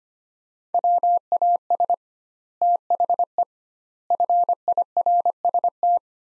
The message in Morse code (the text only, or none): WAS THE FIRST